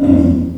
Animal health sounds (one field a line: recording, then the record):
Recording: squeal of a Yucatan mini pig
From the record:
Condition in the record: after surgery on the right vocal fold (resection and tissue-engineered implant)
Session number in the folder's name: 5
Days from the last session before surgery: 33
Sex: female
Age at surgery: 19 weeks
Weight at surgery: 25 kg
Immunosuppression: prednisolone